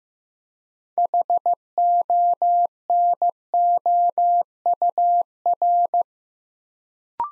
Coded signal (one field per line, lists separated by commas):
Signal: Morse code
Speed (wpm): 15 wpm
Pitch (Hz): 700 Hz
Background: none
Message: HONOUR